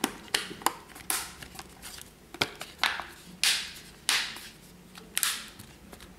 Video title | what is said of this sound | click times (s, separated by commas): Test KVD N3+ pour Dealextreme par chinandroid | se clipse plutôt bien c'est ça fait robuste pas trop de problèmes alors | 0.3 s, 0.7 s, 2.4 s, 4.1 s